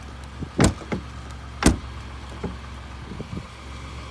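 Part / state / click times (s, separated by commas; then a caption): pickup truck door latch on the door jamb striker / not seated / none. A frozen door latch on an F-150 pickup truck is tried again against the door jamb striker, and the door thuds into the jamb at about 0.6 s and again at 1.7 s, with a lighter knock near 0.9 s. The latch does not catch, so nothing has latched, and the latch is judged broken.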